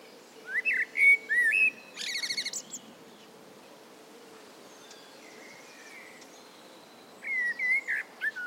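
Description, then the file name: Common blackbird giving a fluty warbled phrase with a harsh high twittering end, then a pause before a shorter whistled phrase near the close. "Turdus merula"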